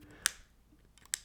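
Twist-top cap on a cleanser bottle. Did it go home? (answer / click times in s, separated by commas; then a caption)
yes / 1.1 s. The twist-top cap on a plastic skincare cleanser bottle is twisted open, with a sharp click near 0.3 s and faint ticks around 1.0 s. A crisp, bright click at 1.1 s marks the cap locking into its open position, ready for use.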